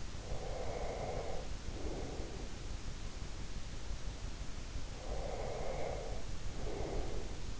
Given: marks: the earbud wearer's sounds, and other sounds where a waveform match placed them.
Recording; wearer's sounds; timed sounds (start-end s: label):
sounds in sleep by an in-ear microphone; breath
0.29-2.69 s: breath
4.98-7.60 s: breath